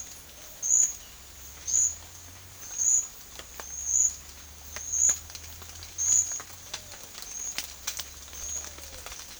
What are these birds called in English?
Pale-vented Pigeon